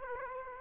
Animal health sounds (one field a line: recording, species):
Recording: mosquito wingbeat signal from an infrared sensor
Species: Aedes aegypti